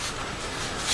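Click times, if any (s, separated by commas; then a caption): none. A strut is handled as it is pushed toward cross frame number six of a Greenland Folbot folding kayak. Only steady broadband rustling and hiss is heard, swelling slightly near 0.9 seconds with no sharp transient. Nothing has snapped or seated yet.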